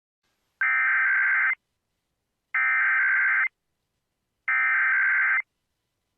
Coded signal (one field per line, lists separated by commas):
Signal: Emergency Alert System (SAME) tones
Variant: header bursts